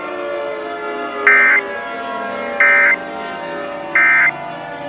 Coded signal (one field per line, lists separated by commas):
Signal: Emergency Alert System (SAME) tones